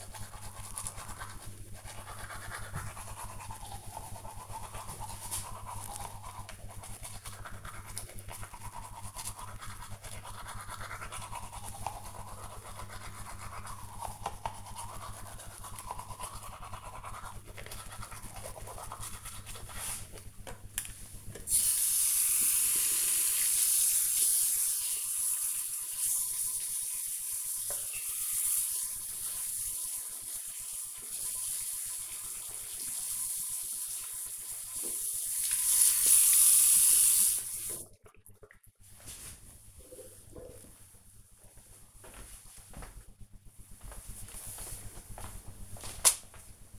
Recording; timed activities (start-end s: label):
household activities, microphone on the right wrist
0.00-38.06 s: brushing teeth